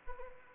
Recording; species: mosquito wingbeat signal from an infrared sensor; Anopheles arabiensis